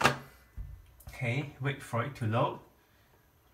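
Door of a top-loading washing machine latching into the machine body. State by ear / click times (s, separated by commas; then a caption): seated / 0.1 s. A Thomson top-loading washing machine's door is closed and latches shut into the machine body with a loud, short click at 0.1 s. Someone then talks.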